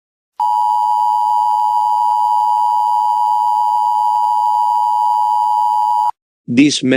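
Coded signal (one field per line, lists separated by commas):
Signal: Emergency Alert System (SAME) tones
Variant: 853 and 960 Hz attention tone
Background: speech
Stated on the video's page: Fictional scenario alert about a serial killer.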